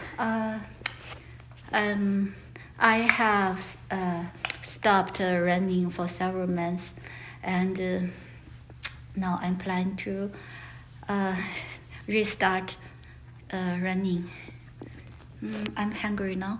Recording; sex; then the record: free speech after running; female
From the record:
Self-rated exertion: light exertion (2 of 6); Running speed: 6 miles an hour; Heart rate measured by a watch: 94 beats a minute at the start, 95 at the end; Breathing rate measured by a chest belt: 10 breaths a minute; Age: 53 years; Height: 159 cm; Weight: 47 kg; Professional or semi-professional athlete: no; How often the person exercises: under once a week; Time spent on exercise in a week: 1 to 2 hours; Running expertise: no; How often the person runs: under once a week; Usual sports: running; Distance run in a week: 5 miles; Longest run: 42 km